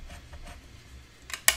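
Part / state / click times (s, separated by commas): chipboard reinforcement panel into the end wall of a paper box / seated / 1.5 s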